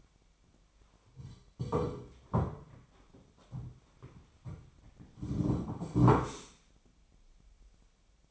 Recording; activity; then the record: daily activity, microphone in the room; sit down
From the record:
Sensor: 1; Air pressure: 1008.1 hPa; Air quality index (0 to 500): 191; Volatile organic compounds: 17 ppm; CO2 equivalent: 2585 ppm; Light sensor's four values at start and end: 13/33/13/15 and 13/33/13/15